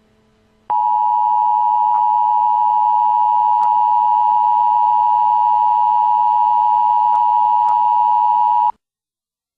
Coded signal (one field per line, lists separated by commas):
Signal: Emergency Alert System (SAME) tones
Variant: 853 and 960 Hz attention tone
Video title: EAS PUBLIC HEALTH ADVISORY for Milwaukee WI.